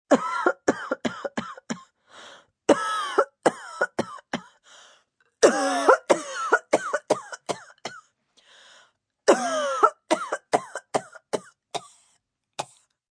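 Acted wheezing cough: four bouts of harsh, rapid coughs, about five or six coughs each, separated by strained, whistling intakes of breath with a musical, wheezy edge.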